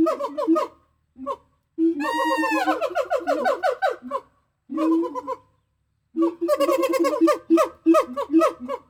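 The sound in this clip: Gibbon calls: bursts of harmonic hoots with a long sweeping, rising and falling phrase near the start and a dense, fast run of notes toward the end.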